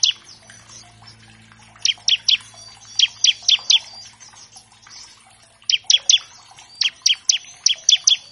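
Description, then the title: Bar-winged Prinia song: loud staccato chips in runs of three to five, separated by a pause near the middle, with a low hum and soft twittering behind. Master track of an actively singing (gacor) ciblek, used as a lure to train captive birds of all kinds and prompt them to sing quickly. "Masteran Ciblek Gacor Vs Kenari Gacor Untuk Masteran Semua Jenis Burung. Pancingan Ciblek bahan agar cepat bunyi. Burung Ciblek"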